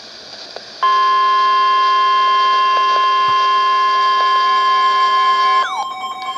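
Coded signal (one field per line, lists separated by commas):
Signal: Emergency Alert System (SAME) tones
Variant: 1050 Hz attention tone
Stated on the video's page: Severe Thunderstorm Warning from NOAA Weather Radio stations KHA99 and WXK22.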